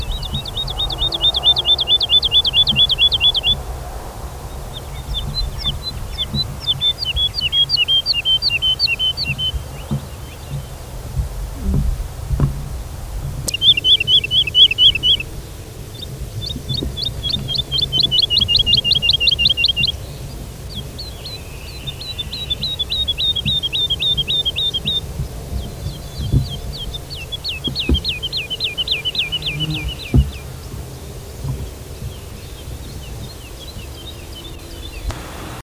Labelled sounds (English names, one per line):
Wood Lark song